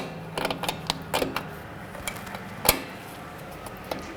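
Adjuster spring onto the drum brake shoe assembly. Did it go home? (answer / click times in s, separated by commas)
yes / 2.7 s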